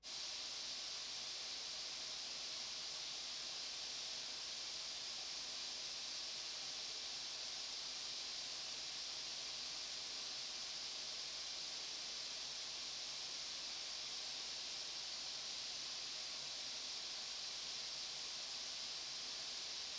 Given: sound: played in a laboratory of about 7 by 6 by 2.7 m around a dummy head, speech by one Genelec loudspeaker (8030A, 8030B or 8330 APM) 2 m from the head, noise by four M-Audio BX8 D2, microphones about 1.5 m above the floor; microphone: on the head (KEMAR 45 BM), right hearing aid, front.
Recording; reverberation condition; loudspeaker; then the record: white noise; medium; four, about 170 cm from the corners of the room and facing them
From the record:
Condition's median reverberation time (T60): about 510 ms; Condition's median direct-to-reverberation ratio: about -0.5 dB